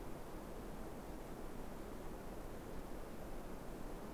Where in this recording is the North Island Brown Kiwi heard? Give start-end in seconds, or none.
none